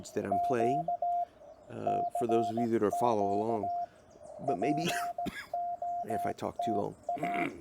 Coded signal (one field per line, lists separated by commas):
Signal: Morse code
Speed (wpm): 17 wpm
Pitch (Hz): 690 Hz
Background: speech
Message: Q CQ POTA